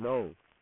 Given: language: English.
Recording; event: throat vibration sensor signal played as sound; speech